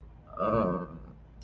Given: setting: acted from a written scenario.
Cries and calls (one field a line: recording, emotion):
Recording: vocal sound without words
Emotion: sadness